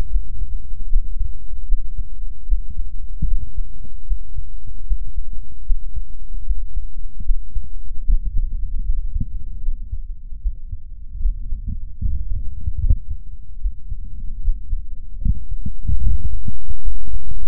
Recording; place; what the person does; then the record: lung sounds by stethoscope; left posterior apical chest; quiet breathing, then cough and speech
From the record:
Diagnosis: pulmonary infection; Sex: female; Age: 74 years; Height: 160 cm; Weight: 66 kg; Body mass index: 25.8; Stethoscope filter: bell mode